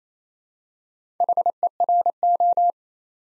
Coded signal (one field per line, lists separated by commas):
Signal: Morse code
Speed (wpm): 27 wpm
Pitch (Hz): 700 Hz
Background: none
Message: HERO